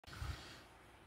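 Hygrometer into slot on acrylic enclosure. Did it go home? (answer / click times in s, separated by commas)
no / none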